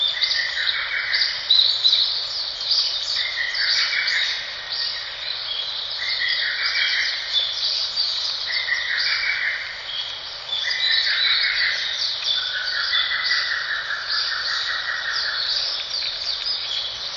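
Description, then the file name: Lesser cuckoo song: quick stuttering phrases about a second long, repeated every couple of seconds, over a steady high buzzing hiss. "ホトトギス 遠藤"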